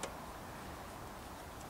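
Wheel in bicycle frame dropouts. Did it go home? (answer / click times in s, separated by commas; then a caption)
no / none. A wheel with a fat tyre is handled into the dropouts of a vintage Schwinn mountain bike frame. A brief sharp tick sounds at the very start, followed by steady low background noise for the rest of the clip. Nothing has seated or locked into place yet.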